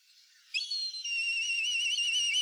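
Black kite giving a high whistled call that begins abruptly, holds a steady tone, then breaks into a fast, wavering quaver running to the end.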